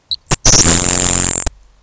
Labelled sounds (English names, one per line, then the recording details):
Grasshopper Sparrow
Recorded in Sonoma County, California